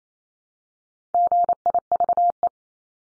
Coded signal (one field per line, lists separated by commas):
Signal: Morse code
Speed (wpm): 28 wpm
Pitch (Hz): 700 Hz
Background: none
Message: GIVE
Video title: Multi-letter Phonemes Repeated 3x 28wpm